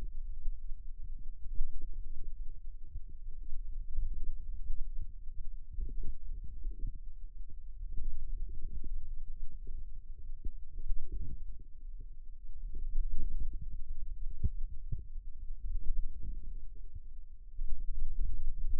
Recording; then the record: forearm muscle sounds (acoustic myography)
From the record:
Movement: radial deviation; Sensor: system 2, bracelet of six BSWA MPA416 microphones around the upper forearm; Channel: 5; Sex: male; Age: 22 years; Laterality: right